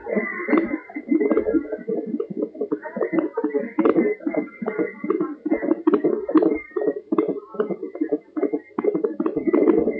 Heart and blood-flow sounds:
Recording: fetal heart sounds by stethoscope on the mother's abdomen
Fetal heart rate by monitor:
0.00-10.00 s: 145 bpm
From the record:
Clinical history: slow growth of one twin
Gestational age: 31 weeks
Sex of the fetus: twin boys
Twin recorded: left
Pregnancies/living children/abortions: 2/1/0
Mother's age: 28 years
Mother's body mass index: 24.9

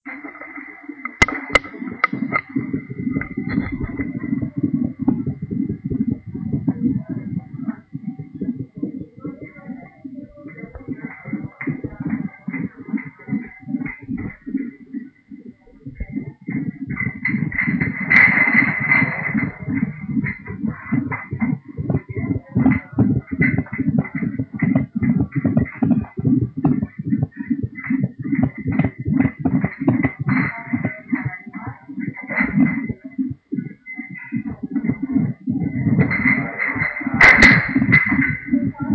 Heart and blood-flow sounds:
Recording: fetal heart sounds by stethoscope on the mother's abdomen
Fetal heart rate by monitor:
0.00-10.00 s: 144 bpm
10.00-20.00 s: 154 bpm
20.00-30.00 s: 150 bpm
30.00-38.95 s: 154 bpm
From the record:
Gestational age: 40 weeks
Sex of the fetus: boy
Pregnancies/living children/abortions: 1/0/0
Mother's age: 27 years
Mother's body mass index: 25.5

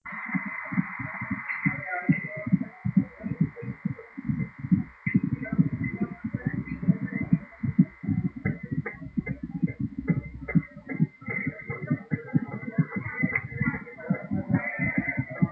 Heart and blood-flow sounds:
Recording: fetal heart sounds by stethoscope on the mother's abdomen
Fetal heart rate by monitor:
0.00-10.00 s: 139 bpm
10.00-15.52 s: 141 bpm
From the record:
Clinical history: epilepsy, hypothyroidism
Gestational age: 37 weeks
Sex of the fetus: girl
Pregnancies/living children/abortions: 2/1/0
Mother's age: 27 years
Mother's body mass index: 31.6

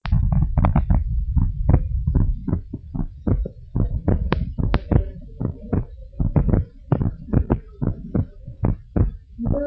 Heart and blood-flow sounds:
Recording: heart sounds of a pregnant woman by stethoscope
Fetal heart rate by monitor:
no fetal heartbeat
From the record:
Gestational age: 36 weeks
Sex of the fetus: boy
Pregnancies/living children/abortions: 2/1/0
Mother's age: 34 years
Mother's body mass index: 25.2

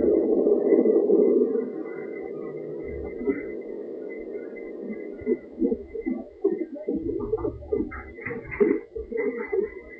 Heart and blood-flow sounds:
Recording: fetal heart sounds by stethoscope on the mother's abdomen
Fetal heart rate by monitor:
0.00-10.00 s: 136 bpm
From the record:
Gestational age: 38 weeks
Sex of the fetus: girl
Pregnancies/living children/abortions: 3/1/1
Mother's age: 29 years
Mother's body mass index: 31.2

